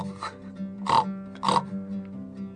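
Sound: pig grunting and oinking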